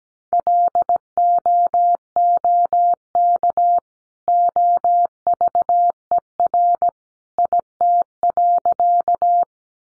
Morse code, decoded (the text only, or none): LOOK OVER IT.